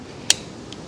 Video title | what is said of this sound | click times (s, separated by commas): "Final part of my two-night, three-day, very cold camping trip. 🥶🥶🥶" | locks back in place. | 0.3 s